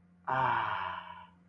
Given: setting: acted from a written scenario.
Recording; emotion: vocal sound without words; relief